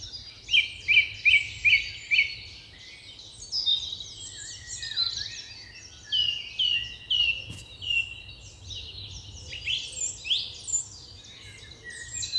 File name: Turdus philomelos - Singdrossel